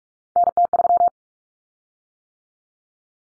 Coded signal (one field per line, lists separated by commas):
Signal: Morse code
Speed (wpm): 44 wpm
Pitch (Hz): 700 Hz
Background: none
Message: NT3